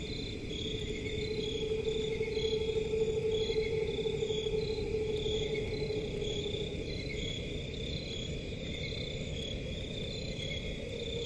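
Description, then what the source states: Cricket chorus of high pulsing trills layered at several pitches, with a steady mid-pitched hum that swells and then fades, all over a low background rumble. Crickets in a forest at night, presented as a relaxing forest ambience.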